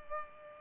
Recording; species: mosquito wingbeat signal from an infrared sensor; Culex pipiens